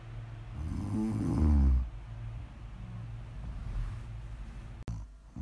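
A single loud, low, rattling snore swells for about a second, then fades into quieter, steady sleep breathing over a faint low hum. This is ordinary ASMR sleep snoring from a sleeping adult.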